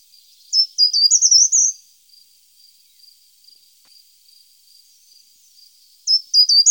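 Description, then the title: Short-toed treecreeper song: a brief high phrase of thin, clipped notes rising into a quick flourish, repeated after a pause, with a faint steady high tone between phrases. Recorded in Germany, Austria and Switzerland. "Gartenbaumläufer"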